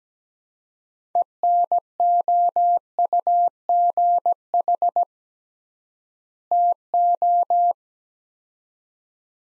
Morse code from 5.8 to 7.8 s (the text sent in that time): TO